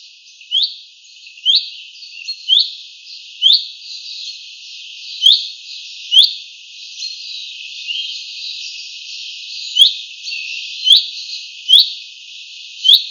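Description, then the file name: Common chaffinch calls, short sharply rising whistled notes repeated at irregular intervals, some louder and some fainter. "Fringilla coelebs"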